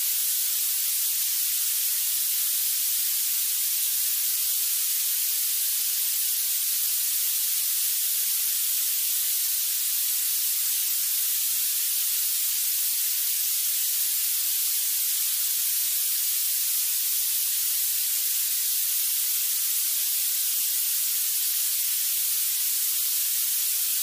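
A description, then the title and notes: A steady, bright hiss like rushing steam or a gas leak, with almost no low end and no change across the whole stretch. Violet noise is a variant of spectral noise that is characterized by increased energy at higher frequencies. The result is a hissing or sizzling sound that can resemble the high-pitched rush of steam or a hissing gas leak.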